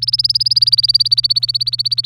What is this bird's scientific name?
Serinus canaria